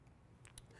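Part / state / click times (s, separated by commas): plastic funnel onto mesh filter of a jar-top straining kit / seated / 0.4 s, 0.6 s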